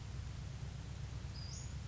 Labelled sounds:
Western Flycatcher (Empidonax difficilis)
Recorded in Sonoma County, California

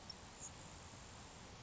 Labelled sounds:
Grasshopper Sparrow (Ammodramus savannarum)
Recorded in Sonoma County, California

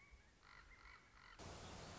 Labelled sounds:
Common Raven (Corvus corax)
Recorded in Sonoma County, California

